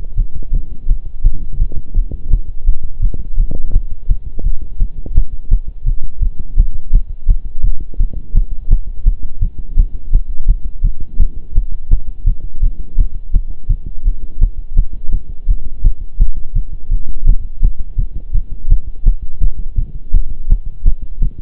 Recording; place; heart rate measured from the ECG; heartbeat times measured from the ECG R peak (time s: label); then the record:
heart sounds by stethoscope; between the tricuspid and mitral areas; 168 bpm
0.17 s: heartbeat
0.53 s: heartbeat
0.89 s: heartbeat
1.24 s: heartbeat
1.59 s: heartbeat
1.95 s: heartbeat
2.31 s: heartbeat
2.67 s: heartbeat
3.02 s: heartbeat
3.38 s: heartbeat
3.74 s: heartbeat
4.09 s: heartbeat
4.44 s: heartbeat
4.80 s: heartbeat
5.15 s: heartbeat
5.51 s: heartbeat
5.86 s: heartbeat
6.22 s: heartbeat
6.58 s: heartbeat
6.93 s: heartbeat
7.28 s: heartbeat
7.63 s: heartbeat
7.99 s: heartbeat
8.35 s: heartbeat
8.71 s: heartbeat
9.06 s: heartbeat
9.41 s: heartbeat
9.77 s: heartbeat
10.13 s: heartbeat
10.48 s: heartbeat
10.84 s: heartbeat
11.20 s: heartbeat
11.55 s: heartbeat
11.91 s: heartbeat
12.26 s: heartbeat
12.62 s: heartbeat
12.98 s: heartbeat
13.34 s: heartbeat
13.69 s: heartbeat
14.05 s: heartbeat
14.41 s: heartbeat
14.77 s: heartbeat
15.12 s: heartbeat
15.48 s: heartbeat
15.84 s: heartbeat
16.20 s: heartbeat
16.55 s: heartbeat
16.91 s: heartbeat
17.27 s: heartbeat
17.63 s: heartbeat
17.98 s: heartbeat
18.34 s: heartbeat
18.70 s: heartbeat
19.06 s: heartbeat
19.42 s: heartbeat
19.78 s: heartbeat
20.14 s: heartbeat
20.50 s: heartbeat
20.86 s: heartbeat
21.22 s: heartbeat
From the record:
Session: pedaling a stationary bicycle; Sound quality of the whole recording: partially saturated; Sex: male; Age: 23 years